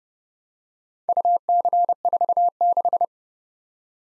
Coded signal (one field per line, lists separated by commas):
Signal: Morse code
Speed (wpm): 30 wpm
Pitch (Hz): 700 Hz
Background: none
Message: UC46